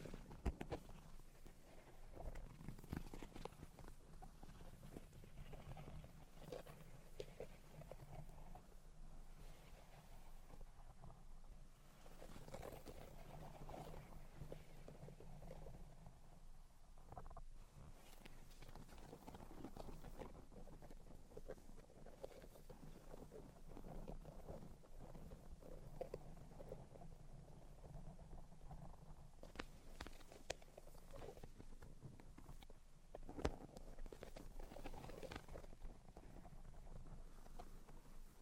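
Tapping, scratching and tracing sounds run continuously, with dense irregular taps and rubbing scrapes over a low murmur and occasional sharper knocks.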